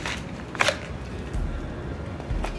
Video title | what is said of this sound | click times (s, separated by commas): AN AMERICAN WORKHORSE DEFIANT CE-400 @Colonialknifecorp COLONIAL KNIFE | the knife fits extremely well in this snaps into place very secure | 0.6 s